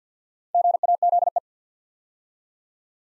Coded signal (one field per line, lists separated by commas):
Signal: Morse code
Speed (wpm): 51 wpm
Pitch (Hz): 700 Hz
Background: none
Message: GAZE